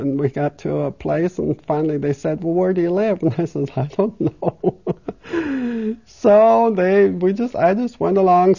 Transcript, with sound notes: And we got a place, and finally they said, "Well, where do you live?" And I says, "I don't know." (She laughs.) So they, we just, I just went along.